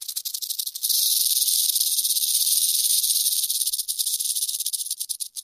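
Rattlesnake rattle: a dry, high, hissing buzz that holds steady for about three seconds and stutters unevenly at the start and the end.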